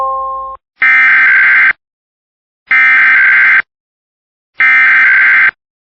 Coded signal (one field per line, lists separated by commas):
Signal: Emergency Alert System (SAME) tones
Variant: header bursts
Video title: I have no words for this 7.1 earthquake in PR. (Tsunami warning) (EAS 35)!